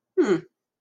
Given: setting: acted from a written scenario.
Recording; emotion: vocal sound without words; pride